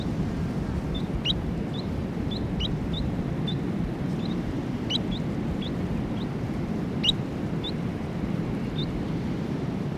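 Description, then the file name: New Zealand dotterel song of short, sharp high chip notes, given in irregular bursts and pairs across ten seconds over a steady low rumble of wind or surf. "nz dotterel song"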